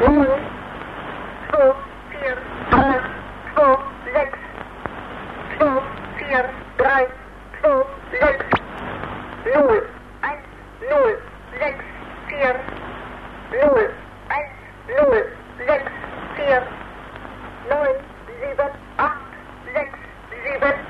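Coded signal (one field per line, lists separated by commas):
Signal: numbers station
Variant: East German, German language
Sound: a voice reading short words at an even pace over band-limited radio hiss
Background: radio static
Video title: East German Numbers Station (1977)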